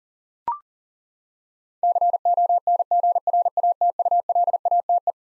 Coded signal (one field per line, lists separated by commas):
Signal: Morse code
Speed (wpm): 40 wpm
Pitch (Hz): 700 Hz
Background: none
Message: CONGRATULATE